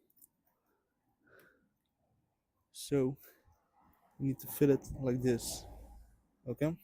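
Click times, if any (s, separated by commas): none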